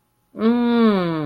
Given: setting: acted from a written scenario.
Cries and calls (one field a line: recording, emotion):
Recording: vocal sound without words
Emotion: contentment